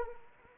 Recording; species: mosquito wingbeat signal from an infrared sensor; Anopheles arabiensis